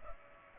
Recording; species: mosquito wingbeat signal from an infrared sensor; Culex pipiens